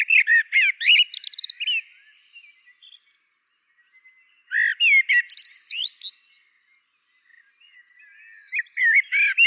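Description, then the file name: Common blackbird singing three phrases about four seconds apart, each a few fluty notes running into a high, squeaky chattering twitter. "Turdus merula"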